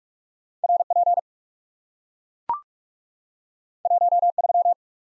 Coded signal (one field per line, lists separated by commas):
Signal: Morse code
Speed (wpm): 44 wpm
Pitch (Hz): 700 Hz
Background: none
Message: RP 13